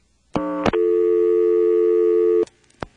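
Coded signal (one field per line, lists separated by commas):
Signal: telephone call progress tone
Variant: North America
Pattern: dial tone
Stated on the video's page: Call progress tone from an NX1-E exchange in Vanceboro, North Carolina, 1977.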